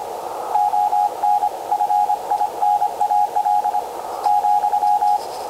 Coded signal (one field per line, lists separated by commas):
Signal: Morse code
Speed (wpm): 26 wpm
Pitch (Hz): 830 Hz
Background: radio noise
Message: ON FINAL ,